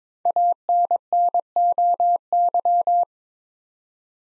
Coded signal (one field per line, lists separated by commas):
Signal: Morse code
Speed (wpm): 22 wpm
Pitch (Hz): 700 Hz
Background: none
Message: ANNOY